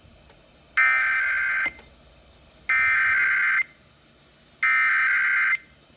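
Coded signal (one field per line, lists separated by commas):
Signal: Emergency Alert System (SAME) tones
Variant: header bursts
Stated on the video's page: San Diego EAS test.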